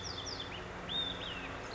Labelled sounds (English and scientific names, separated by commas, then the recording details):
Olive-sided Flycatcher (Contopus cooperi)
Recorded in Sonoma County, California